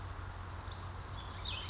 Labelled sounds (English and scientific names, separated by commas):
Brown Creeper (Certhia americana)